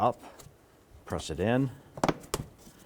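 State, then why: Seated. A plastic trim panel insert is fitted into the bumper cover of a 2004–2009 Dodge Durango during fog light replacement, with its top tabs hooked in first. Someone talks, then a cluster of sharp snaps follows around 2.0–2.1 s. A crisp click at 2.3 s marks the panel being pressed in and down until its retaining clips lock into place.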